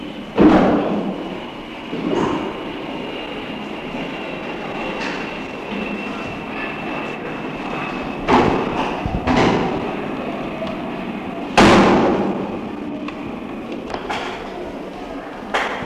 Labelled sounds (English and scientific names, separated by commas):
Chimpanzee (Pan troglodytes)